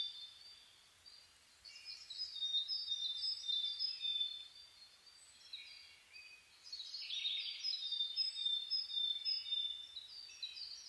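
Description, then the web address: Mixed birdsong at dawn, sweet whistled notes and rapid chattering trills from several singers, fading briefly then swelling again. Dawn chorus birdsong recorded 10 May 2010. "reimei -saezuri-20100510-0401"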